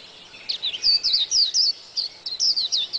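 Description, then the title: White-eye singing short, high, slurred chirps in quick succession, a brief gap midway, over faint background hiss. "Pleci. Burung"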